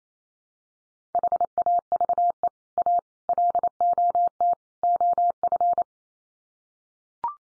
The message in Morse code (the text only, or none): HAVE A LOT OF